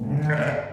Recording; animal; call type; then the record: contact call of a hoofed animal; sheep; low-frequency (closed-mouth) or high-frequency (open-mouth) call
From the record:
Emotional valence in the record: negative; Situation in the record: short social isolation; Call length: 0.72 s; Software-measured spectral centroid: 1380 Hz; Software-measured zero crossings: 1050 a second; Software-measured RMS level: -24 dBFS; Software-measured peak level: -11 dBFS